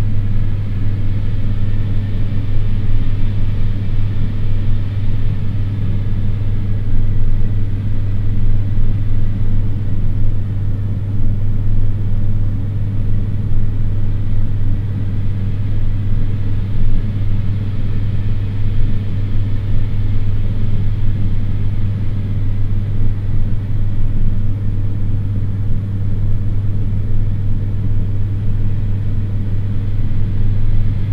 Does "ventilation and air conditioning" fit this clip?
yes